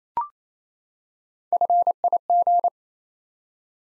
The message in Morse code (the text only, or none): FIG